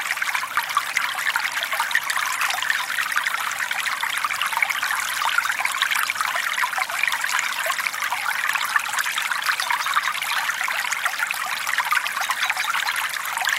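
A small stream trickles and burbles steadily, a dense patter of bright droplets with almost no low rumble beneath.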